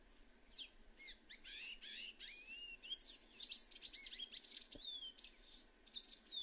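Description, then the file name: Sayaca tanager singing a fast, squeaky series of high, slurred rising and falling notes, almost continuous after the opening. "Canto do sanhacu azul"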